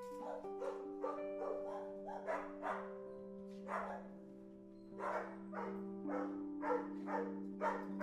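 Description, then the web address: Dog barking in a rapid, irregular series of short harsh bursts, pausing briefly midway, over a steady low hum. Recorded inside a dog boarding house. "sound dog-boarding-house. صدای-فضای-داخلی-پانسیون-سگها"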